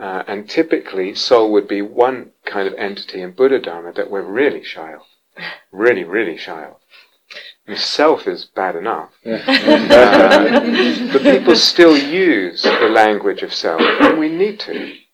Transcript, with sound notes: Typically soul would be one kind of entity in Buddhadharma that we're really shy of -- really, really shy of. Self is bad enough! [laughter] But people still use the language of self. We need to.